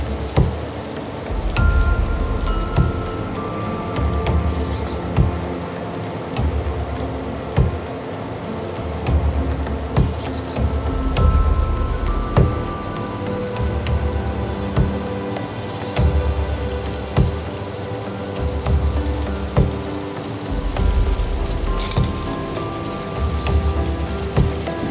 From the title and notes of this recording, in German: Natur - Hochgern im Chiemgau. Aufnahme vom Hochgern bei Wind und Wetter.